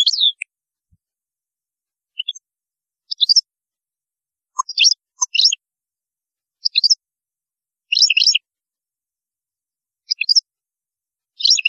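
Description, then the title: European goldfinch giving short twittering phrases and chirps at roughly one to two second intervals, high pitched and bright, with quiet gaps between. "Chant Chardonneret"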